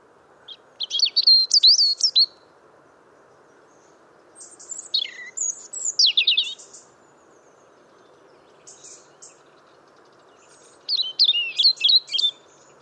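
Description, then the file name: European robin singing three separate high, sweet phrases of trills and sliding whistles, each lasting one to two seconds with silent gaps between, soft low background noise. "Erithacus rubecula"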